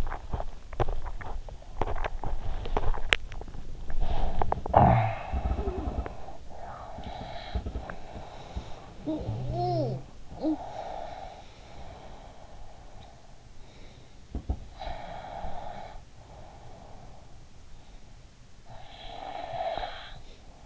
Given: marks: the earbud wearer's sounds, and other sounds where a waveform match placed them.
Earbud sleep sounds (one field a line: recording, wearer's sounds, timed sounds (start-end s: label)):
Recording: sounds in sleep by an in-ear microphone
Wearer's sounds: teeth grinding, cough or throat clearing or sniffle, breath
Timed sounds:
0.00-3.80 s: teeth grinding
3.80-6.32 s: cough or throat clearing or sniffle
6.32-8.96 s: breath
8.96-11.51 s: sound from someone else or the room
11.51-20.66 s: breath